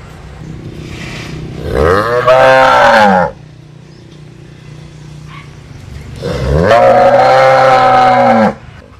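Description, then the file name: Cattle: cow moos twice, each a loud harmonic bellow of about two seconds rising at onset, separated by a few seconds of low background rumble. "Tieng bo rong"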